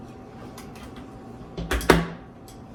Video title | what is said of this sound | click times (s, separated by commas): REVIEVWING MY NEW BLENDER PERFECT FOR MAKING DIET -FRIENDLY SMOOTHIES | There, I heard that click now. | 1.9 s